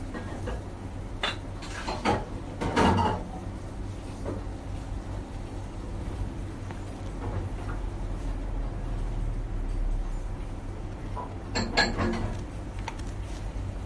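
Riding inside a local electric train: a steady low rumble of the running car fills the clip. Sharp clacks and rattles break through around two to three seconds and again near twelve seconds, like wheels crossing rail joints or fittings knocking.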